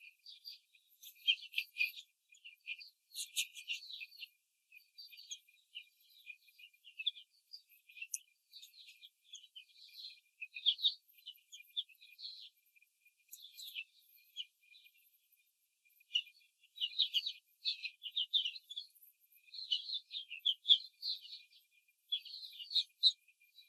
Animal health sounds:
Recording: young laying hens in a cage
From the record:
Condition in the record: control cage, after the stress test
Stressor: none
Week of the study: 4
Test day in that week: 3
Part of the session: 1

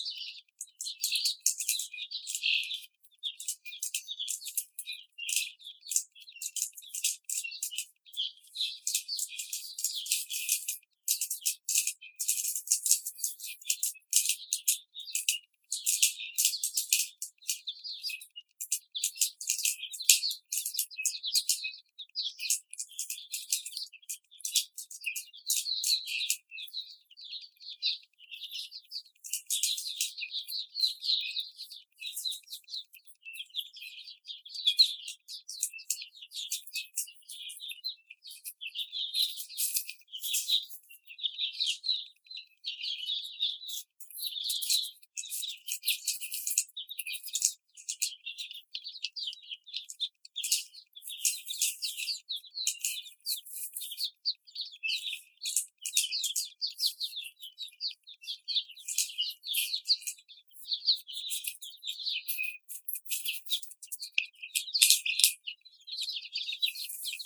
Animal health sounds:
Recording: young laying hens in a cage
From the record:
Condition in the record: after the stressor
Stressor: simulated dog barking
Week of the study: 4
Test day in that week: 2

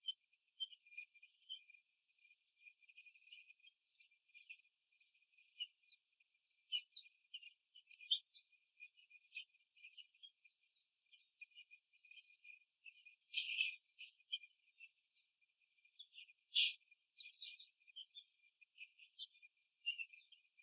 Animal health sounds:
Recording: young laying hens in a cage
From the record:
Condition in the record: before the stressor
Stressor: simulated dog barking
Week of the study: 3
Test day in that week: 1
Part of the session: 1

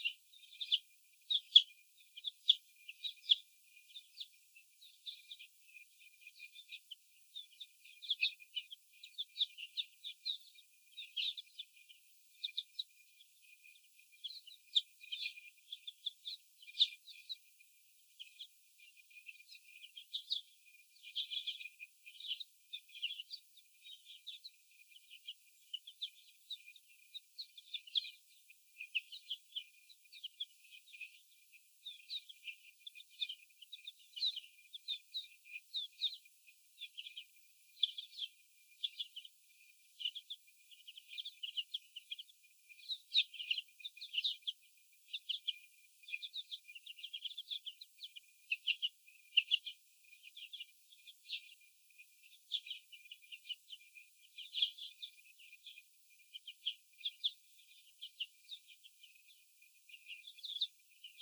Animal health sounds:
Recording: young laying hens in a cage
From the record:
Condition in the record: after the stressor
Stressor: sudden umbrella opening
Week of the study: 2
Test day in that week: 1

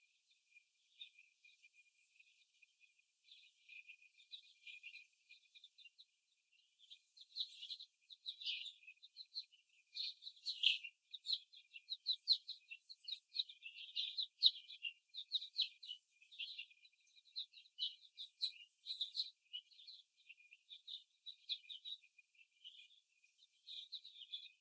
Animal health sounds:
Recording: young laying hens in a cage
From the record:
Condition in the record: before the stressor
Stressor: simulated dog barking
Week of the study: 1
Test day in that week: 2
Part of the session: 2

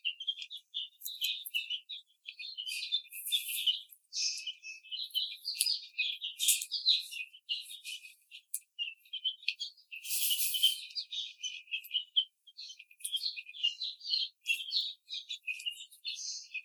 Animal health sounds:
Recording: young laying hens in a cage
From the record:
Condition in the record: treatment cage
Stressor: simulated dog barking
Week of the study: 5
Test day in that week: 1

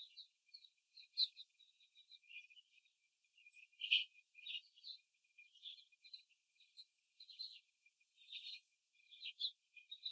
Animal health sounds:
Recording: young laying hens in a cage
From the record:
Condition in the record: before the stressor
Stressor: simulated dog barking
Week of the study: 3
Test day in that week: 2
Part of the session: 2

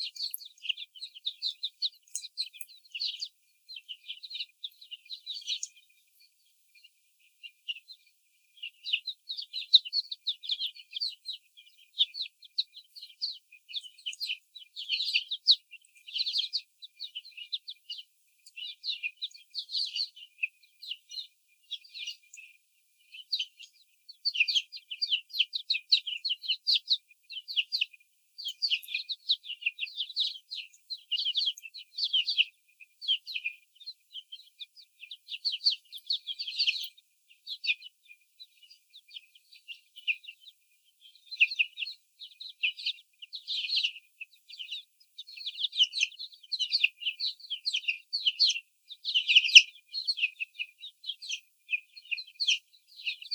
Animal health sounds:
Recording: young laying hens in a cage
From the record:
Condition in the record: before the stressor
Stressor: sudden umbrella opening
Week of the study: 3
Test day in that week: 2

